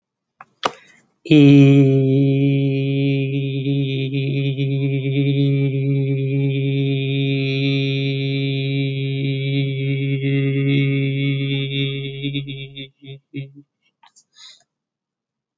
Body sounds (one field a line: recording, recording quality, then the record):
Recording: sustained vowel as in beet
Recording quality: excellent, no background noise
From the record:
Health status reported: healthy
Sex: male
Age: 30 years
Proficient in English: yes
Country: India